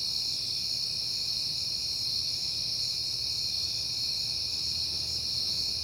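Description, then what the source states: Crickets in a steady, dense chorus of high, continuous trilling in several overlapping pitch bands, with a faint low hum beneath. Recorded on a peaceful night in September; crickets heard often that month.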